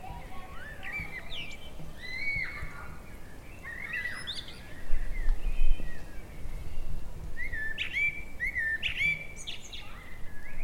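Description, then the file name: Common blackbird song: repeated fluty warbles with high squeaky flourishes, phrases coming every couple of seconds, with constant low background hum. "Turdus merula"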